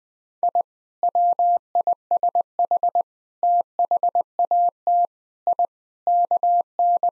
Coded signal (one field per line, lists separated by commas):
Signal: Morse code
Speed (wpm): 20 wpm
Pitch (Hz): 700 Hz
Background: none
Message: I WISH THAT I KN